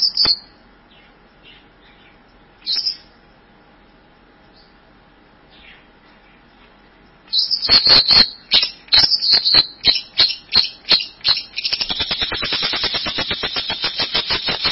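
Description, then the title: Bird mostly quiet at first with a few faint notes, then launching into rapid, dry, high-pitched ticking phrases that speed up into a continuous buzzy trill. "burung online"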